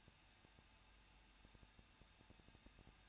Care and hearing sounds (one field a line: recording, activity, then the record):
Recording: daily activity, microphone in the room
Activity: no activity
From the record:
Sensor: 2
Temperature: 21.0 degrees Celsius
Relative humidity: 37.5%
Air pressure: 1006.3 hPa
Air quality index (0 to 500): 223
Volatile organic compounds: 25 ppm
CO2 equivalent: 2831 ppm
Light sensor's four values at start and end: 2/3/2/2 and 2/3/2/2